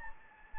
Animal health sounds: mosquito wingbeat signal from an infrared sensor; Anopheles gambiae

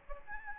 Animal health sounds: mosquito wingbeat signal from an infrared sensor; Aedes albopictus

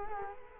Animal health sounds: mosquito wingbeat signal from an infrared sensor; Culex quinquefasciatus

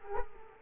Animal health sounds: mosquito wingbeat signal from an infrared sensor; Culex quinquefasciatus

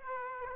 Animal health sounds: mosquito wingbeat signal from an infrared sensor; Aedes aegypti

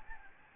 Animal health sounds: mosquito wingbeat signal from an infrared sensor; Aedes albopictus

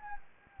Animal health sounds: mosquito wingbeat signal from an infrared sensor; Anopheles gambiae

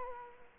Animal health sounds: mosquito wingbeat signal from an infrared sensor; Culex quinquefasciatus

